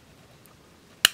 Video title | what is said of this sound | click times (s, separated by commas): Minolta X-370 35mm Film SLR Camera Body with MD 50mm 1:1.7 Prime Lens | until I hear that snap, then I know the thread's engaged, and then just turn it the rest of the way. | 1.0 s